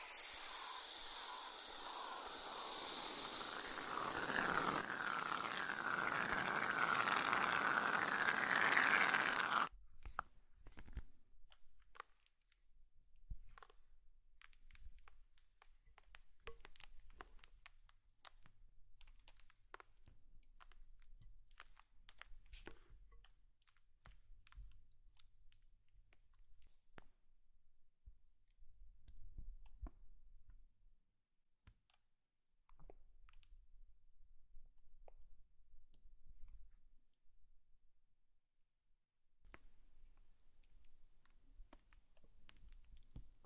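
ASMR slime sounds open with about ten seconds of loud, dense squishing, then give way to sparse, quiet clicks and sticky pops with pauses.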